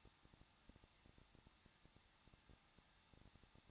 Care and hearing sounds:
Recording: daily activity, microphone in the room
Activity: no activity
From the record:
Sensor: 3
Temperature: 21.2 degrees Celsius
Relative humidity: 36.3%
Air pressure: 1006.3 hPa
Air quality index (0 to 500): 221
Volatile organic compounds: 40 ppm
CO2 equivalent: 3151 ppm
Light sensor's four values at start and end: 2/3/2/2 and 2/3/2/2

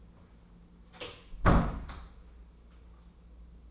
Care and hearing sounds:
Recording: daily activity, microphone in the room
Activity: close door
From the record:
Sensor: 1

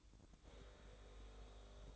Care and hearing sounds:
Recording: daily activity, microphone in the room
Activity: make coffee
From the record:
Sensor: 3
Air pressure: 1007.3 hPa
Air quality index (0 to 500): 59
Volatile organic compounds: 1 ppm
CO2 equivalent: 608 ppm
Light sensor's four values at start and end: 8/18/7/7 and 8/18/7/7

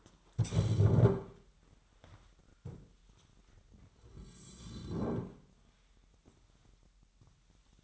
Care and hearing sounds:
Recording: daily activity, microphone in the room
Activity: stand up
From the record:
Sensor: 3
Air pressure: 998.4 hPa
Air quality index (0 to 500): 127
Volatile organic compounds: 3 ppm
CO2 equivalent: 1524 ppm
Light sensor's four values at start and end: 8/19/8/8 and 10/22/10/11

